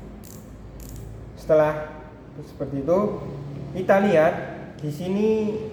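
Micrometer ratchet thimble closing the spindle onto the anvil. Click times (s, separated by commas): 0.3 s, 0.8 s, 0.9 s, 1.0 s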